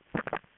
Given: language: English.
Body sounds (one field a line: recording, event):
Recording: throat vibration sensor signal played as sound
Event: swallow